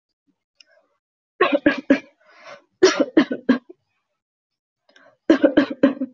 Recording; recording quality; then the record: shallow voluntary cough; excellent, no background noise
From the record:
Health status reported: healthy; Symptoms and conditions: none ticked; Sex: female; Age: 22 years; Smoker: not ticked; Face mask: not worn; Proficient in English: yes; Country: India